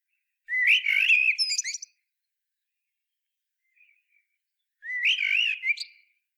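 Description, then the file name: Eurasian blackbird song: two mellow, fluted warbling phrases about four seconds apart, each closing with thin, scratchy high twitters. "Turdus merula"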